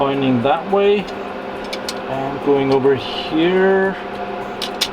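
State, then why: Seated. A cable management arm support bracket for a Fujitsu server is guided over and pushed into a slot on the server rail while someone talks. It clicks at 4.8 s and locks into place.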